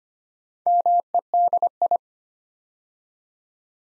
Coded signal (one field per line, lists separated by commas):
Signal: Morse code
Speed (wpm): 25 wpm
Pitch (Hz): 700 Hz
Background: none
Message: MEDI